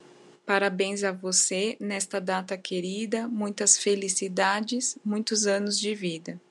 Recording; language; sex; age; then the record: short text; Brazilian Portuguese; female; 30 to 39 years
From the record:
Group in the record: control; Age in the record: 36 years